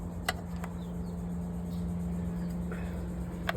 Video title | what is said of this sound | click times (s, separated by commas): The engine gets put in and the 5.0 is alive again | well this one didn't click but it's in place | none